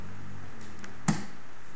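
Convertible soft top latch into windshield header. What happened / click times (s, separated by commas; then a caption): The convertible top latch clicked into place / 1.1 s. A power convertible soft top is pulled down onto the windshield header and pushed closed, and its latch clicks into place with a sharp click at 1.1 seconds, preceded by a faint tick at 0.9 seconds. The top is seated, and the click means the top motor has shut off.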